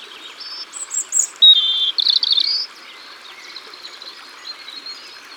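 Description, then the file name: European robin song: a burst of thin, high, varied notes and a shimmering trill lasting about two seconds, then quieter faint warbling phrases over a soft background hiss. Recorded by the waterside. "Rougegorge familier Au bord de leau"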